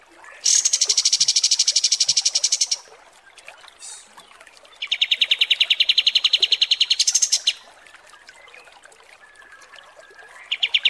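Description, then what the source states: Kapas tembak bird delivering fast, machine-gun-like buzzy trills in bursts of about two and a half seconds, separated by longer pauses, with a final trill starting at the end. Training song (masteran) for teaching songbirds.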